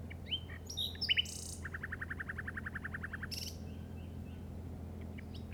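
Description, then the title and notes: Common nightingale song: a few high chirps, then a long evenly spaced rattle of lower repeated notes, with a steady hum behind. Recorded in the Llobregat Delta at 06:00 on 8 May 2015 with a Zoom recorder. "Grabación de ruiseñor común (Luscinia megarhynchos) en el Delta del Llobregat a las 06:00 del 08/05/2015."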